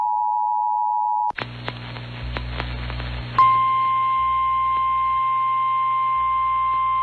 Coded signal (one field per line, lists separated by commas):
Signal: Emergency Alert System (SAME) tones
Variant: 853 and 960 Hz attention tone